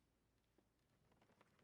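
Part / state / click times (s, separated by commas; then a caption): folding door anchor panel into the track channel / not seated / none. A folding door anchor panel is handled at the head channel of a folding door's track, with light scraping, tapping and rustling over quiet room noise. Nothing has seated or clicked yet.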